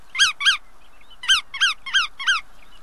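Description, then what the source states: Bar-tailed Godwit calls: a pair of nasal, bending notes, a short pause, then four more in quick succession. Pigeon-sized shorebird; makes a 7,200-mile nonstop autumn flight from western Alaska to New Zealand in 8 or 9 days after more than doubling its weight with fat in about two weeks.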